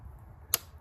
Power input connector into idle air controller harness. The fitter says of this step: and that will just nicely snap into place.